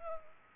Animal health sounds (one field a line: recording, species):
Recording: mosquito wingbeat signal from an infrared sensor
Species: Culex pipiens